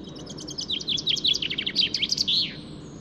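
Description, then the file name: Common chaffinch song: a fast run of high chirping notes that speeds into a descending trill and closes with a brief flourish, over soft low background rumble. "Fringilla coelebs"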